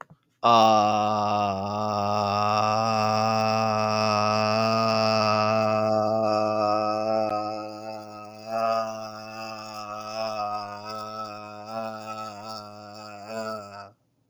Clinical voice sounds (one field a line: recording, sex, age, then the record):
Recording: vowel held as long as possible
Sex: male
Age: 30 to 39 years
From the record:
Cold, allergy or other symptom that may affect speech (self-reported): no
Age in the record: 32 years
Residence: Indiana, United States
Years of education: 18